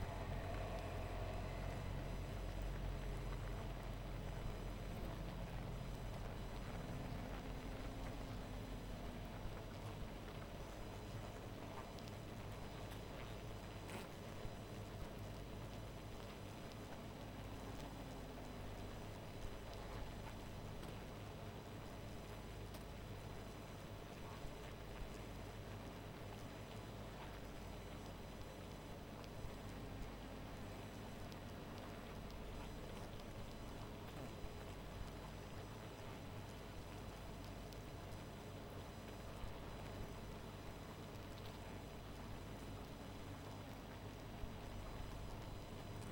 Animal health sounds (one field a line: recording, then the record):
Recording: honeybee colony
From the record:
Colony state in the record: missing queen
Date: 14 July 2017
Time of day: 0:32